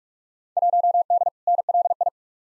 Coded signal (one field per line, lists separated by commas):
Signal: Morse code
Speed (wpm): 46 wpm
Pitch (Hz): 700 Hz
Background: none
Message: 1D NLI